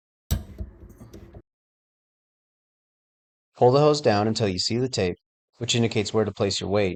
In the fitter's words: and press it in until you feel and hear it click into place